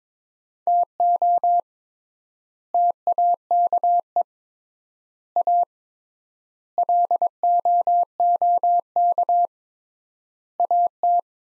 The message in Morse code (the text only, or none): TO TAKE A LOOK AT